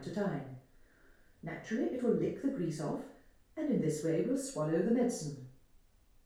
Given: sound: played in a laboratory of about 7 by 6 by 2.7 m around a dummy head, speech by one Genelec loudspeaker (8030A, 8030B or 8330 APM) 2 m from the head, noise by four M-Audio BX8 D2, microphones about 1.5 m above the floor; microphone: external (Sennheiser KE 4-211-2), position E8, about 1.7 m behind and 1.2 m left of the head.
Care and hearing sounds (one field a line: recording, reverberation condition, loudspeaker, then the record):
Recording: female speech in English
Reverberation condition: medium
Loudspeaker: 150 degrees to the right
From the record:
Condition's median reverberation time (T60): about 510 ms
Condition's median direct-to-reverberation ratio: about -0.5 dB